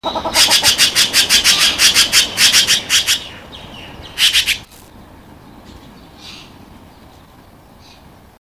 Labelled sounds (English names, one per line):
Red-billed Blue Magpie call
Grey Peacock-Pheasant